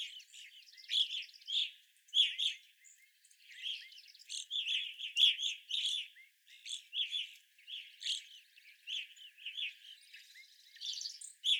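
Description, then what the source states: Evening grosbeaks chattering continuously, overlapping burry chirps and short notes. Several evening grosbeaks, recorded on 25 April 2021.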